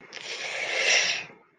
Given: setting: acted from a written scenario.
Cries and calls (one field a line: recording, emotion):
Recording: vocal sound without words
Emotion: shame